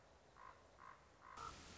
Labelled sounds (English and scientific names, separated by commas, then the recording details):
Common Raven (Corvus corax)
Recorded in Sonoma County, California